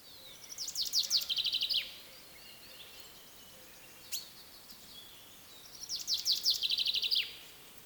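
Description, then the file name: Common chaffinch song: two bright rattling phrases that speed up, drop in pitch and end in a flourish, separated by about four seconds with one sharp note between. "Fringilla coelebs"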